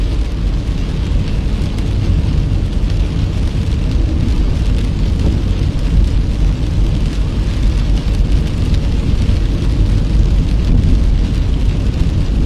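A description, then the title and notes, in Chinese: A car drives along a country road in the rain, a steady low rumble with a dense hiss over it, unchanging throughout. 雨中行驶在异国他乡的乡间小路上。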